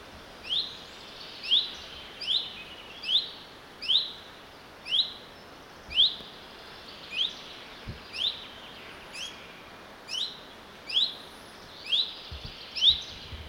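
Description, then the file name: Common chaffinch calling: a long series of sharp, rising chip notes, roughly one per second, with light background noise. "Fringilla coelebs"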